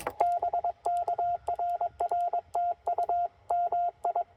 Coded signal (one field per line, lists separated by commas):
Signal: Morse code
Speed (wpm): 22 wpm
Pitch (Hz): 690 Hz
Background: radio noise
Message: BK RR TU MI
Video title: TR-45L take two: CW POTA at Chenango Valley State Park